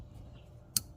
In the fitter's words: you're gonna connect the male and female together right here, snap